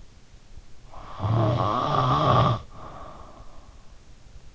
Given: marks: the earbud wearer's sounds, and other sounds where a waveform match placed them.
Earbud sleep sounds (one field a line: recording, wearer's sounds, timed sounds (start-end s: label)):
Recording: sounds in sleep by an in-ear microphone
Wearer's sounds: snoring breath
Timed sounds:
0.91-3.44 s: snoring breath